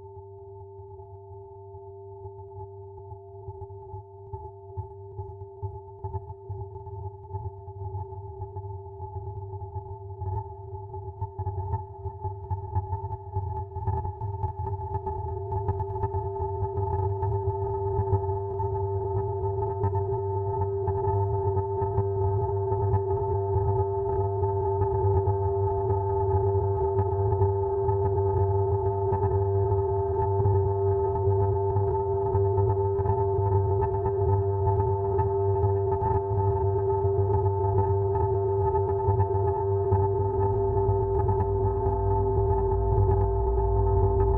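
Raw processed sine tones hold steady pitches throughout, with a strong mid tone and a fainter higher one ringing over a thick, rumbling low drone. The whole sound slowly swells louder across the clip, the bottom thickening further near the end.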